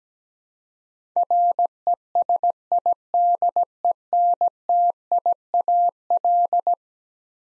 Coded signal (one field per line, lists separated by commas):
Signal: Morse code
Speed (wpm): 17 wpm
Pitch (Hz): 700 Hz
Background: none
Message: RESIDENTIAL